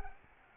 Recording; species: mosquito wingbeat signal from an infrared sensor; Anopheles arabiensis